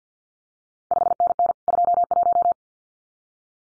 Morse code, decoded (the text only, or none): 5NN 21